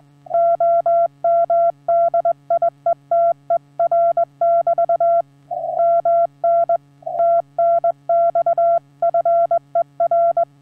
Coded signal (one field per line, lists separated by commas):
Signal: Morse code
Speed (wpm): 19 wpm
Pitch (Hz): 680 Hz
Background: none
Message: OM DIETER <BT> MN TNX FER